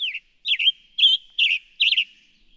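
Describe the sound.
Western tanager delivering five hoarse, slurred phrases about every half second.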